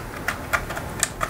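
A plastic ink/paper cassette is handled and worked into position at a Canon Selphy CP1200 compact photo printer, with short sharp taps and rattles around 0.3, 0.5, 1.0, 1.2 and 1.3 seconds. Nothing has seated or clicked into place yet; the cassette is not home.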